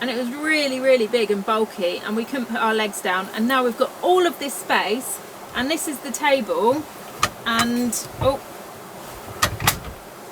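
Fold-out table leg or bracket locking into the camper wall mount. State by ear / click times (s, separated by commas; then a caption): seated / 9.4 s. A fold-out dining table in a camper truck is raised and locked into position, its leg or bracket locking into the camper wall mount. Someone talks, then a sharp click at 9.4 s is followed by a softer one just after as the table seats into place.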